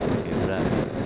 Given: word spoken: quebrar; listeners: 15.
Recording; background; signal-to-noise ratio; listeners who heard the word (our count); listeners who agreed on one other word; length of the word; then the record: one Spanish word in noise, from a listening test; noise modulated by three-talker babble; -7.3 dB; 0 of 15; 8 of 15; 0.67 s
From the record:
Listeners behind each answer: 8, 1, 1, 1, 1, 1, 1, 1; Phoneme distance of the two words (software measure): 24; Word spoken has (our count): 2 syllables, 6 phonemes, stress on syllable 2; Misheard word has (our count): 2 syllables, 6 phonemes, stress on syllable 2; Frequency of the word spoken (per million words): 3.23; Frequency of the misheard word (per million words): 102.98